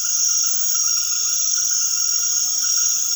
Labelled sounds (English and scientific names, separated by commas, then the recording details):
none
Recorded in secondary vegetation near Puerto Asís, Putumayo, Colombia, on 20 February 2024 at 21:30
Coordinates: 0.500, -76.326
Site G6428